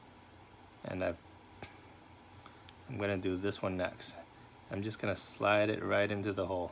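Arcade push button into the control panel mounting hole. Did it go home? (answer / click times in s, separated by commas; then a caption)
no / none. An arcade push button is being slid toward its mounting hole in the control panel of a Game Room Solutions bartop arcade cabinet while someone talks, with a couple of faint small ticks from handling around 2.5 and 2.7 seconds. The button has not seated or snapped into the panel yet.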